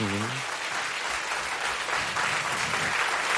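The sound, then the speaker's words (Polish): A crowd at a Polish Radio Trójka (Program Trzeci) event bursts into steady applause for the listeners, dense clapping sustained at an even, fairly loud level throughout, with a brief voice fading out at the very start. “Liczyliśmy, proszę Państwa, brawa dla naszych słuchaczy, prawie brawa,”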